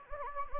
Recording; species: mosquito wingbeat signal from an infrared sensor; Anopheles gambiae